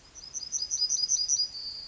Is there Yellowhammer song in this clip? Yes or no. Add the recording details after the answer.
yes. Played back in forest. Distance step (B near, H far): D. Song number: 103